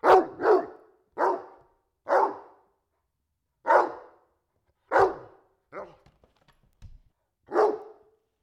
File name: Digiffects Sound Effects Library - Dog Barking Indoors